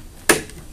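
The air pressure regulator knob on the front panel of an Everlast PowerPlasma 50 plasma cutter is pulled so it pops out of its locked position and can be turned. A single sharp, bright pop lands at 0.3 s and fades quickly, followed by a faint small tick near 0.5 s. The knob is released from its lock.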